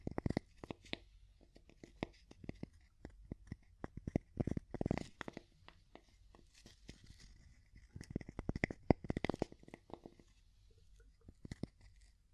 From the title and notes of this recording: ASMR Calming Wood Tapping (No Talking).